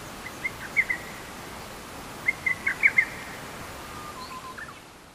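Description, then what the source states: Lesser cuckoo calling, two short bursts of sharp staccato whistled notes about two seconds apart, against a steady hiss of background noise. Recorded on 26 June 2009.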